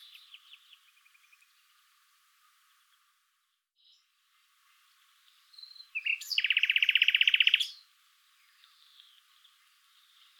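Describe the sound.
Common nightingale song: faint broken notes at first, then a loud rapid mechanical rattle, followed by soft trailing chips.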